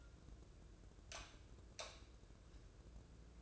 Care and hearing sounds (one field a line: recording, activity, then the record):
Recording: daily activity, microphone in the room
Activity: light off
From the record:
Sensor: 2